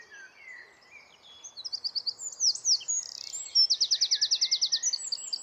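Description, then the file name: Eurasian wren song: a quiet start, then loud high-pitched phrases, a brief buzz and a rapid, even trill of sharp notes, followed by a few more notes to the end. "Troglodytes troglodytes"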